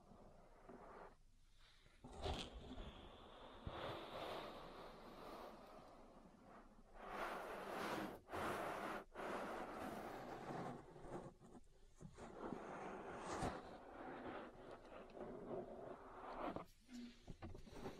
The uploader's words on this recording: ASMR Relaxing Ear Massage. (No Talking).